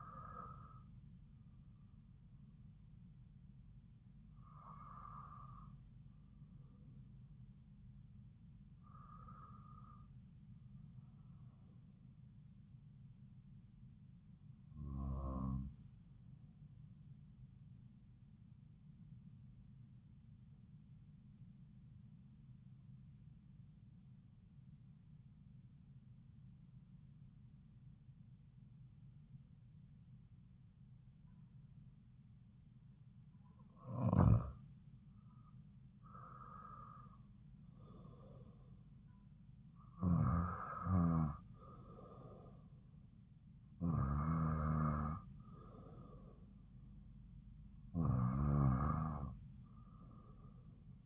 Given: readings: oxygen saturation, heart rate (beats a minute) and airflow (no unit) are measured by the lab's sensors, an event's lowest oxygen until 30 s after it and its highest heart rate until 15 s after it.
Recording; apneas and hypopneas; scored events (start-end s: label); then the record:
breathing in sleep by a smartphone at the bedside; 1
20.00-36.20 s: hypopnea (REM, oxygen 95% highest, then 91% lowest)
From the record:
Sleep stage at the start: REM sleep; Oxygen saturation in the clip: 91 to 95%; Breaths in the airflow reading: 12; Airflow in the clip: -5.8 to 4.8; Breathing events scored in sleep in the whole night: 270 in 6.1 hours asleep